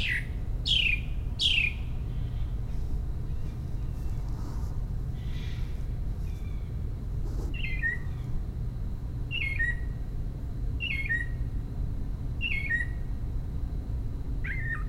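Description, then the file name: Northern mockingbird calling: a couple of loud downslurred notes, a quiet stretch, then a steady run of short falling chips, with low rumble beneath. Calls given in protest at a commotion, recorded at home in Maryland, USA, on 26 May 2012. "Northern Mockingbird Home MD 20120526 protesting commotion"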